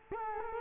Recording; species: mosquito wingbeat signal from an infrared sensor; Culex quinquefasciatus